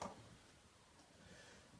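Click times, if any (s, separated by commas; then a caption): none. An armor piece is pressed onto an action figure, with a short sharp contact at 0.0 s followed by quiet low rustling and faint handling noise until another small bump at the very end. Nothing has clipped in yet; the armor piece does not clip onto the figure.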